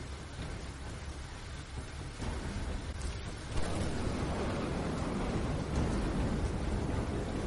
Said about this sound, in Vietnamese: Một tiếng sấm kinh thiên động địa. Sau tiếng sấm chớp đó, những âm thanh kinh dị mà Trinh đang phải nghe cũng phải im bặt.